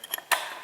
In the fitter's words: you hear it click in